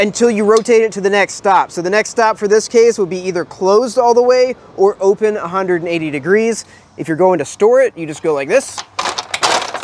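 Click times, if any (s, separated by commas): 9.3 s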